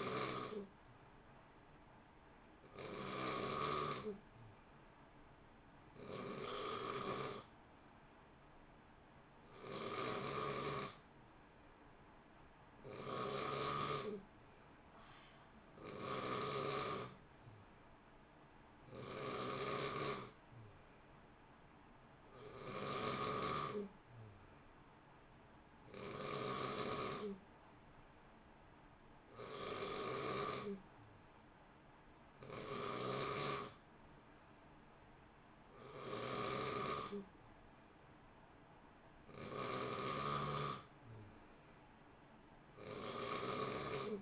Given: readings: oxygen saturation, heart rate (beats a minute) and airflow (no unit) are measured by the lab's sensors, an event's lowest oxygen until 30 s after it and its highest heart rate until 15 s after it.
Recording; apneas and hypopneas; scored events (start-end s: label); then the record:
breathing in sleep by a voice recorder at the bedside; none
none scored
From the record:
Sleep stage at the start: N3 (deep sleep); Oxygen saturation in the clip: 90 to 91%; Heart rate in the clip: 58 to 63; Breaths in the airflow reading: 16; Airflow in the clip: -0.7 to 0.8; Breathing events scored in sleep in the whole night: 328 in 6.3 hours asleep